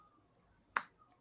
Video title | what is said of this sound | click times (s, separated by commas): HG Hyaku Shiki Pt 2. (Gunpla Hangar Ep. 95) | i had to force it in i was like why is that why does that feel like it's not lining up right now now it lines up perfectly and it just snapped in place | 0.8 s